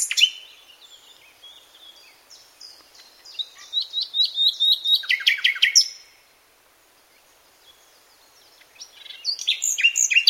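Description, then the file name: Common nightingale singing varied high phrases, opening with sharp notes, then a fast rhythmic run of repeated chirps, a three-second pause, and a fresh burst of rapid notes. "Luscinia megarhynchos"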